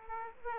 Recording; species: mosquito wingbeat signal from an infrared sensor; Aedes aegypti